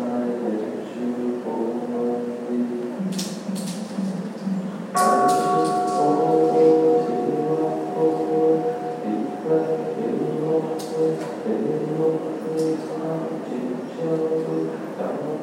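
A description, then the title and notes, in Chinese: Scripture chanting at Xingtian Temple: a steady, low drone of voices sustains held tones throughout. Around five seconds a sharp strike brings in brighter ringing tones that linger. Brief clicks and knocks punctuate near three, five to six, and eleven to twelve seconds. 行天宮誦經。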